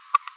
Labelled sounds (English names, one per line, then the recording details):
Green-rumped Parrotlet babbling
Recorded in a nest box in Venezuela
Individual 18B25A3